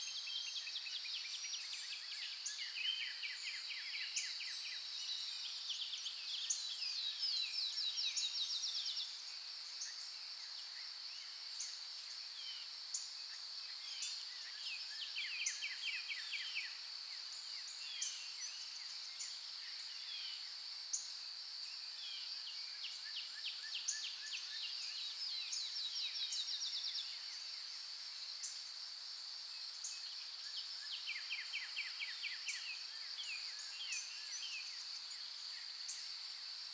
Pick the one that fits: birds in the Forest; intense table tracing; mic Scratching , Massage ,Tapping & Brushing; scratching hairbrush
birds in the Forest